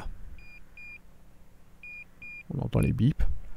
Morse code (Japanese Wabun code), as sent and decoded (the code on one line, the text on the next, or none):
none